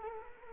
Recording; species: mosquito wingbeat signal from an infrared sensor; Culex quinquefasciatus